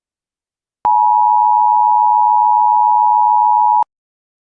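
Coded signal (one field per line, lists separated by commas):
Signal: Emergency Alert System (SAME) tones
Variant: 853 and 960 Hz attention tone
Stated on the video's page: Fictional EAS scenario, analog horror.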